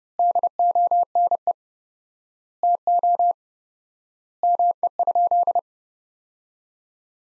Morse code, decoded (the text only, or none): DONE TO ME?